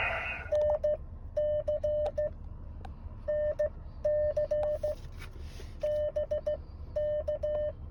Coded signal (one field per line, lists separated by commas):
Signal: Morse code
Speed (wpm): 15 wpm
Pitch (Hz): 600 Hz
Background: none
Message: NC NC BK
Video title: Amateur Radio What happens when the rain comes